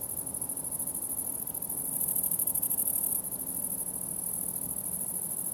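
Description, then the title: Grasshoppers stridulating in a steady, high, hissing buzz that swells louder near the middle, over a soft low rumble. Summer ambience at the farm of Villers Abbey, Villers-la-Ville, Belgium; Sony PCM-D100 internal microphones in wide position. "Ferme de lAbbaye de Villers, 1495 Villers-la-Ville, Belgique - Grasshoppers"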